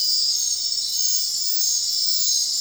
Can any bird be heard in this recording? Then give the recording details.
no. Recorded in secondary vegetation near Puerto Asís, Putumayo, Colombia, on 23 June 2025 at 20:30. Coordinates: 0.499, -76.323. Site G077